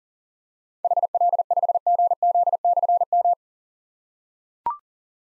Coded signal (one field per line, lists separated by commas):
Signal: Morse code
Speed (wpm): 38 wpm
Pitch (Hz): 700 Hz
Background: none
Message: HL5GZ/M